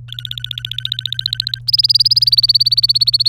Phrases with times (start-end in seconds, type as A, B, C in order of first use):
0.08-1.59 A, 1.68-3.28 B